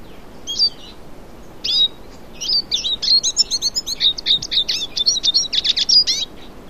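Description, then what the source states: Yellow-bellied siskin singing a long, rapid, high twittering run of chirps, slurred notes and buzzy trills, almost continuous for about five seconds. South America.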